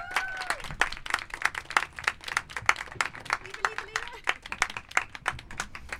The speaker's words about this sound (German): Auf jeden Fall hat sie sehr schöne Musik gemacht. Nochmal einen kleinen Applaus für sie. Vielen Dank.